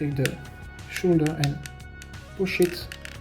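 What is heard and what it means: During transformation of a plastic Mecha Invasion Giant Legion Devastator combiner robot figure (Scavenger), the figure is held by the waist while the shoulder section is pushed toward its locking position in the torso. Someone talks over light plastic handling taps. The shoulder joint has not seated or clicked into place yet.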